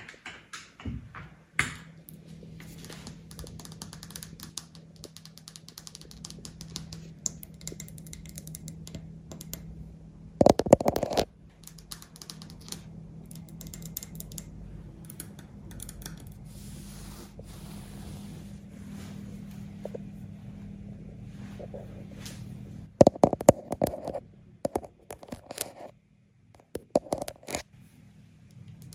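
Tapping and scratching on a lens, a stream of small dry clicks and rubs over a steady low hum that runs through most of the clip. Louder bursts of rough scraping stand out around 11 seconds and again near 23–27 seconds.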